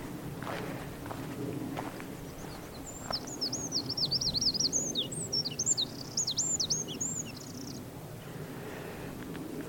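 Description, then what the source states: Wren song: a rapid, high, twittering trill of sharp notes lasting about five seconds midway, over steady wind noise with a few soft footstep-like knocks early on. Singing on a rocky, gorsy, brackeny hillside above a coastal path on Anglesey, near a seaweed-strewn beach; windy in exposed spots; song described as not very convincing.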